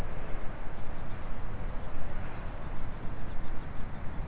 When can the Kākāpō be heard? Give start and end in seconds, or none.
none